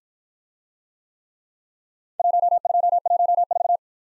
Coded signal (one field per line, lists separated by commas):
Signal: Morse code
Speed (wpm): 53 wpm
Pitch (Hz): 700 Hz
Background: none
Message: 1214